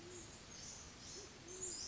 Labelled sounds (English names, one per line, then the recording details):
Band-tailed Pigeon
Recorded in Sonoma County, California